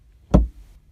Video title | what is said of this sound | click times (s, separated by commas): How To Manually Open Trunk Hatch Toyota Prius Gen II 2004-2009 When Battery Is Dead or Disconnected | So you can see that you could hear that click, which means that the trunk opened. | 0.3 s